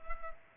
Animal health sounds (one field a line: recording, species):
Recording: mosquito wingbeat signal from an infrared sensor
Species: Culex pipiens